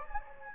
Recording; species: mosquito wingbeat signal from an infrared sensor; Anopheles gambiae